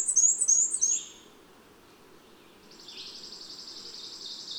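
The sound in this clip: Bird singing a quick run of high, sharp chirps, followed after a pause by a softer, steady buzzy trill held to the end.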